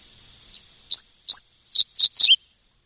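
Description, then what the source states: Dickcissel song with three evenly spaced high chip notes leading into a brisk series of buzzy, stuttering syllables that drop at the finish. Recorded audio played on air; song includes a chip note and sounds like the bird saying its name, 'dick sissel'.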